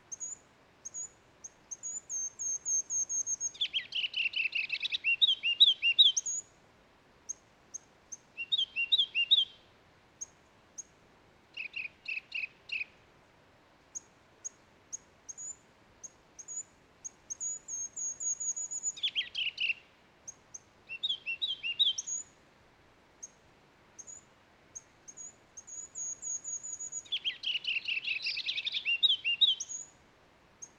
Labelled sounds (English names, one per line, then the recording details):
Ruby-crowned Kinglet song
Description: Ruby-crowned Kinglet song recorded at Mill Creek Basin in Rocky Mountain National Park
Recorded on 7 June 2017